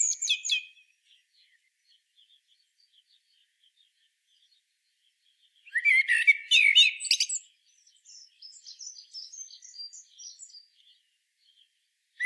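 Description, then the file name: Common blackbird song fragments: a brief high twitter, a long quiet gap, then a rising fluty phrase with a squeaky ending and soft high notes trailing off. "Turdus merula"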